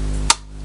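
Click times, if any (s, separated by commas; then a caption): 0.3 s. A plastic rotating joint on a Young Toys Tobot V Air Hyde transforming toy robot is turned to its third detent position. A single sharp, bright click sounds at 0.3 s over a steady low background hum. The joint locks into place.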